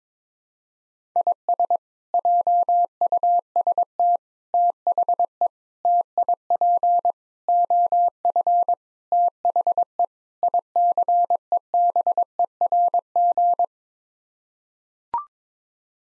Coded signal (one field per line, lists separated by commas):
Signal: Morse code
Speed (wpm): 22 wpm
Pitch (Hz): 700 Hz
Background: none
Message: IS JUST THE TIP OF THE ICEBERG